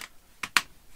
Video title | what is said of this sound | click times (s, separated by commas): How to build a distraction free laptop on a budget | the newer one make sure all the everything's clipped into place here | 0.4 s, 0.6 s